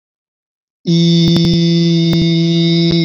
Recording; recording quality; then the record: sustained vowel as in beet; excellent, no background noise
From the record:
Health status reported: COVID-19 positive, no symptoms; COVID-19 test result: positive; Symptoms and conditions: none ticked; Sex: male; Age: 23 years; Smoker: not ticked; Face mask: not worn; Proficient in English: yes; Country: India